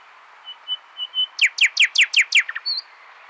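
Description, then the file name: Common nightingale phrase opening with four soft, even whistles, then six loud, descending chirps in quick succession and a brief closing warble. "Luscinia megarhynchos"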